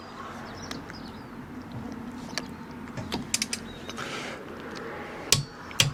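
A torque wrench set to 130 tightens the opposite wheel nut on a caravan against a steady low background noise, with a few faint short ticks around 2.4 s and 3.3 to 3.5 s. The wrench gives two sharp, loud clicks at 5.3 s and 5.8 s, confirming the nut has reached the 130 setting.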